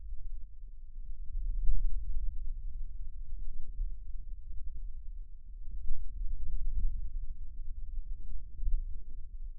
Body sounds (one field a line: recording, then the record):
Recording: forearm muscle sounds (acoustic myography)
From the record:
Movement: hand closing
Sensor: system 2, bracelet of six BSWA MPA416 microphones around the upper forearm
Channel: 1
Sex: male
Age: 22 years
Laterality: right